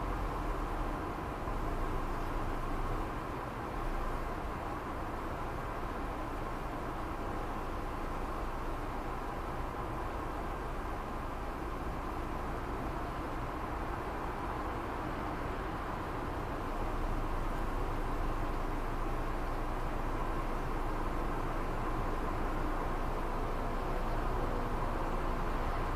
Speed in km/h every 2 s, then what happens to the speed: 68, 68, 67, 67, 66, 66, 65, 66, 67, 67, 69, 69, 69.
0-26 steady at about 67.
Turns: none.